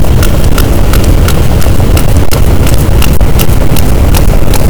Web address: Pm BP Physeter Macrocephalus boat SNR 18 d B cachalot positif